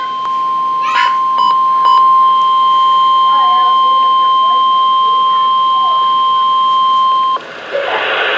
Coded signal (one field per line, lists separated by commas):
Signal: Emergency Alert System (SAME) tones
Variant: 1050 Hz attention tone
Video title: NOAA Weather Radio EAS #318: Severe Thunderstorm Warning